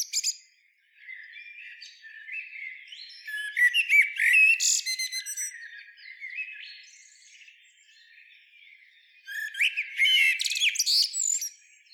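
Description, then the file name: Common blackbird singing: low mellow warbled phrases followed by high squeaky twittering, two song bouts with a pause between them. "Turdus merula"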